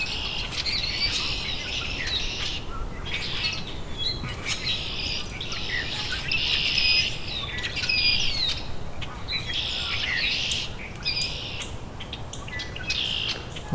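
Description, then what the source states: Rusty Blackbird song, a series of creaky squeaks and thin metallic notes repeated throughout, with low background rumble. Male singing from where he landed before, in dogwood, Southern Ontario.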